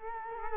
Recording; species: mosquito wingbeat signal from an infrared sensor; Culex quinquefasciatus